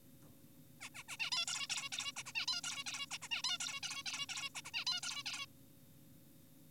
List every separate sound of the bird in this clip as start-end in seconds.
0.81-0.89, 0.95-1.03, 1.08-1.17, 1.20-1.30, 1.32-1.45, 1.48-1.67, 1.70-1.90, 1.92-2.12, 2.16-2.23, 2.26-2.32, 2.35-2.46, 2.48-2.61, 2.64-2.84, 2.86-3.06, 3.11-3.18, 3.22-3.28, 3.31-3.42, 3.44-3.58, 3.60-3.80, 3.83-4.03, 4.06-4.26, 4.29-4.49, 4.55-4.62, 4.65-4.71, 4.74-4.85, 4.87-5.00, 5.03-5.23, 5.26-5.46